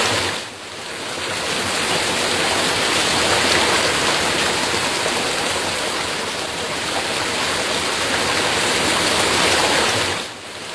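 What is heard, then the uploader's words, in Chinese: Flowing water runs steadily and densely throughout, a full rush with bright splashing texture over a softer low rumble. The level holds nearly constant, dipping briefly near the start and again just before the end. 流动的水声。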